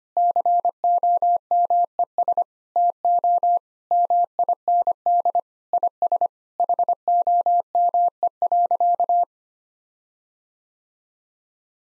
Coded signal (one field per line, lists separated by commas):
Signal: Morse code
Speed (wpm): 25 wpm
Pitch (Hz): 700 Hz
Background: none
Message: COMES TO MIND IS HOME.